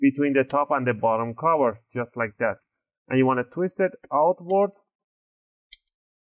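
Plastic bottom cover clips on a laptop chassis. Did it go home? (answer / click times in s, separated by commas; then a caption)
released / 5.7 s. Someone talks while an opening tool is wedged between the top and bottom plastic covers of an Acer Aspire 3 N19C1 (A315-56-38TB) laptop and twisted outward. A single short click is heard at 5.7 s as the plastic retaining clips of the bottom cover pop loose, releasing the cover from the chassis.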